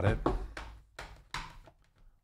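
Someone talks while pressing around the bottom cover of an ASUS Zenbook 14X OLED Q410VA (2023) laptop to seat its remaining clips into the laptop chassis. Short tapping knocks are heard at about 0.6, 1.0 and 1.4 s, but the cover fails to catch, and nothing has seated or clicked yet.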